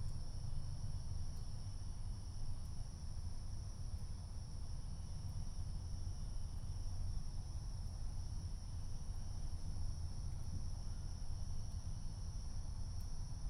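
Night ambience with a steady low rumble of traffic and a constant high, shrill chorus of insects holding at several pitches. Faint, sharp ticks surface every few seconds, but no loud bangs or booms stand out.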